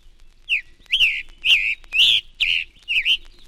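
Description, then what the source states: Scarlet Tanager song: six hoarse, burry phrases about half a second apart, giving a hurried robin-like sequence. Robin-like song, described as hurried and somewhat hoarse; the species is heard as far south as Georgia.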